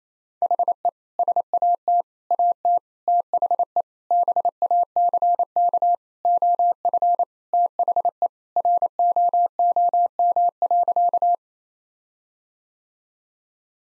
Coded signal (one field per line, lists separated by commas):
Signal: Morse code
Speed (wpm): 28 wpm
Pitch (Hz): 700 Hz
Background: none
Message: HE SAT AT THE BACK OF THE ROOM.